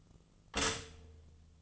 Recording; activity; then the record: daily activity, microphone in the room; stop toaster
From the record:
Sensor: 4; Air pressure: 1010.1 hPa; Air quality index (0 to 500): 182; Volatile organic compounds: 6 ppm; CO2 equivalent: 1839 ppm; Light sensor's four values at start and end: 21/65/25/25 and 22/66/26/25